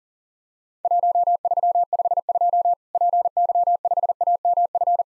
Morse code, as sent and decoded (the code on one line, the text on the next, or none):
.---- ...-- ..... ..--- / .--. -.-- ..... .- -- ..-.
1352 PY5AMF